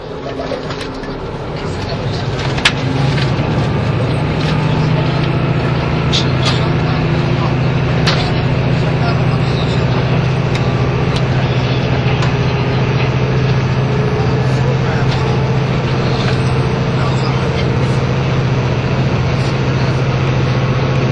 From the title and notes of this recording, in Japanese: 1021,キハ85系 ひだ01号02 (飛騨金山)～飛騨古川。走行音(音の旅) 1021,キハ85系 ひだ01号。